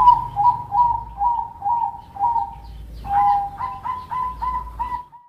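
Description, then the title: Pigeon coos in a steady series of short hooting notes; after a brief gap, a slightly sharper, harmonic-rich run of quicker coos follows and then stops. "Canto Da Pomba"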